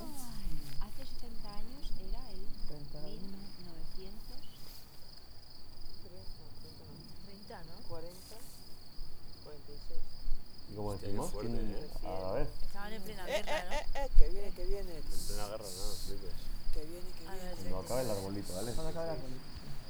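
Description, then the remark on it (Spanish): A steady, high-pitched chirring of crickets runs unbroken through the whole stretch, while people talk and murmur beneath it at a moderate level. “Están cantando más los grillos, ¿no?”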